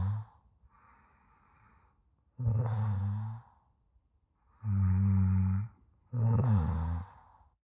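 Three loud, low, rumbling inspiratory snores, each lasting about a second, separated by quieter exhalations. Ordinary human snoring.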